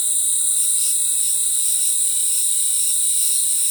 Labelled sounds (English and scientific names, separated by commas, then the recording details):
none
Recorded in forest near Pivijay, Magdalena, Colombia, on 15 April 2023 at 08:30
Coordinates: 10.467, -74.380
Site Z5-G034